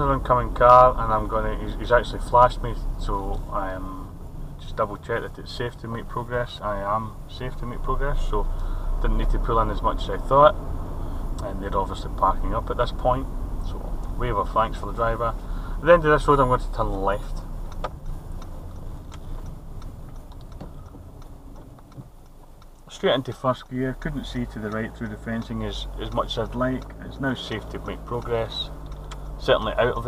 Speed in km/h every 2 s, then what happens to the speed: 23, 18, 11, 13, 19, 26, 24, 19, 18, 13, 3, 0, 0, 0, 0.
0-4 slows to 11. 6-11 speeds up to 26. 11-21 slows to 0. 21-30 standing.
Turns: none.